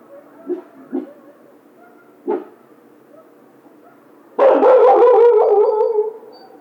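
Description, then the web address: Coyote calls: a few soft low grunts early on, then a loud harsh bark sliding into a wavering howl for about two seconds. Recorded 16 March 2010. "Coyote 2010 03 16 howl"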